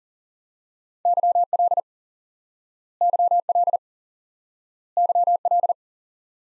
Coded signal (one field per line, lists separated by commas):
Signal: Morse code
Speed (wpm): 40 wpm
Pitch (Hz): 700 Hz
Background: none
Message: YL YL YL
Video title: Course 3 - Lesson 51 - QRQ - Single Element Repeated